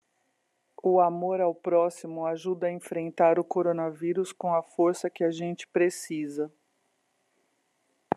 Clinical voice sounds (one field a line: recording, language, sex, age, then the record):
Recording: spoken sentence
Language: Brazilian Portuguese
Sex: female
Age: 50 to 59 years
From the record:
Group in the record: control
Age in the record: 55 years